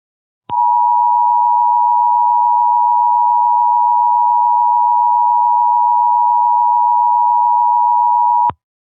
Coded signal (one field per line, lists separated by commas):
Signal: Emergency Alert System (SAME) tones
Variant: 853 and 960 Hz attention tone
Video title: EAS Scenario 5: The Connecticut Shootings